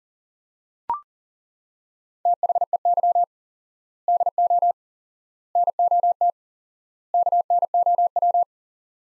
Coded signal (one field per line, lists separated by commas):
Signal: Morse code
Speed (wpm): 40 wpm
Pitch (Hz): 700 Hz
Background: none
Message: THEY DO NOT KNOW